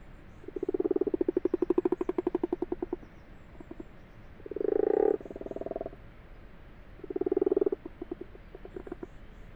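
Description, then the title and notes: Common frog gives several low purring croak bursts, the first long and pulsed, followed by shorter ones with scattered single pulses between. Common frogs calling in daytime in an abandoned, water-filled wash house in a field; 21 February 2020, 12:45, Fourcinet, Drôme, France; recorded binaurally on Nagra LB. "Ca roucoule dans le lavoir. 21 février 2020-12h45-Fourcinet - Drôme - Nagra LB - binaural. roucouler les Grenouilles rousses (Rana temporia)"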